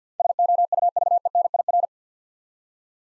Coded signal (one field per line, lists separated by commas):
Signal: Morse code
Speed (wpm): 49 wpm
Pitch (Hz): 700 Hz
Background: none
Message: SOUVENIR